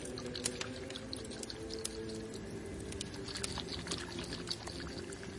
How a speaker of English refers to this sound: And I also brought another vial of the angelica root, crushed, grounded into dust, just about. And I will be mixing the angelica root with some of these oils that I brought and some water.